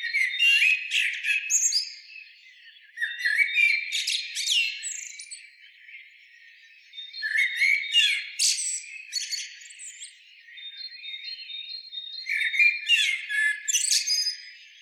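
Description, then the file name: Common blackbird producing four bursts of rapid, scratchy, squeaky notes mixed with short whistled slurs, quieter pauses between, and a thin steady tone in the background. "Turdus merula"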